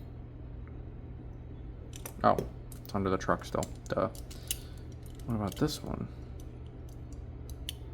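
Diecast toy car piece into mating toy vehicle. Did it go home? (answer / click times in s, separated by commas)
no / none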